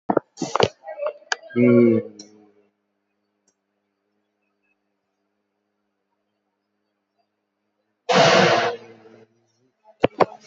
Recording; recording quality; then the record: sustained vowel as in beet; poor, much background noise or distortion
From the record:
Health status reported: COVID-19 positive, mild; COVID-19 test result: positive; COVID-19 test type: RT-PCR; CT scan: taken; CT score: 8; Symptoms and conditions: cough, fatigue, hypertension, diabetes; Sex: male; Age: 80 years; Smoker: no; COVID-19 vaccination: none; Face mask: not worn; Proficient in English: no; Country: India